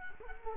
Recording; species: mosquito wingbeat signal from an infrared sensor; Culex quinquefasciatus